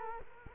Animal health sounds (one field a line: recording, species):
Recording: mosquito wingbeat signal from an infrared sensor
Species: Culex quinquefasciatus